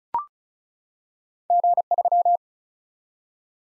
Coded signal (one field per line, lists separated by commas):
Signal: Morse code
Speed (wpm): 36 wpm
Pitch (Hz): 700 Hz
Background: none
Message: G3